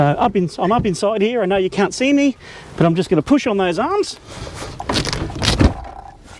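Someone talks from inside a rooftop tent, then pushes one of its internal strut arms outward with rustling and knocking. The arm locks into its end fitting with a clunk at 5.5 s.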